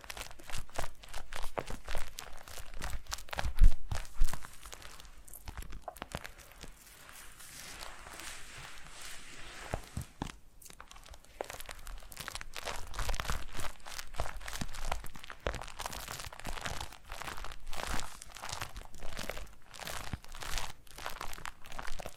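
Foam massage: dense, irregular squeaky crunching and crinkling rubs, bright and continuous, with sharper bursts early and a brief lull near ten seconds.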